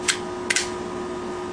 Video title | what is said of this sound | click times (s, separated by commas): Complete Detailed Assembly | and then as you get to this point when I push this down you're going to hear a click as this locks into place | 0.5 s